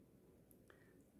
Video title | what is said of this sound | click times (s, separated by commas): CASIO EDIFICE KOL SAATI NASIL AYARLANIR | sefer çektiği zaman tık tık sesini duyarsın Zaten ben | 0.5 s, 0.7 s